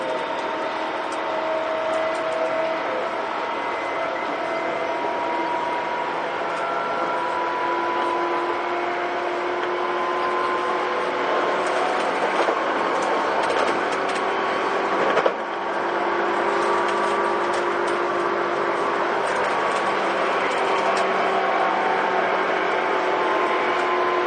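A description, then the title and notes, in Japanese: A train's motor whines loudly and steadily from inside the car, its layered tones gliding in pitch, with a brief jolt around fifteen seconds. 東武9000系 小竹向原ー日吉。東京メトロ副都心線→東急東横線の区間で録音。急行運用のため、モーター音が激しいです。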